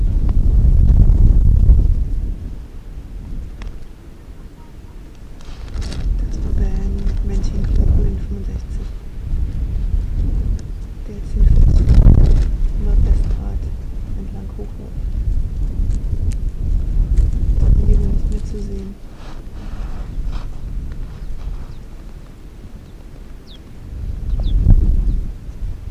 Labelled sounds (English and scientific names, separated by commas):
Arctic Fox (Vulpes lagopus)